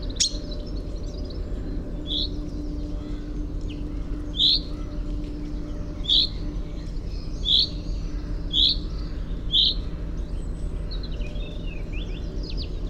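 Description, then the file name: Common chaffinch short call notes, starting after a pause and repeating every second or two, with a steady low hum behind. "Fringilla coelebs"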